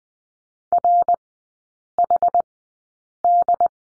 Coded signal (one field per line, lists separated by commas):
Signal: Morse code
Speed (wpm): 20 wpm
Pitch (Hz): 700 Hz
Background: none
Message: RHD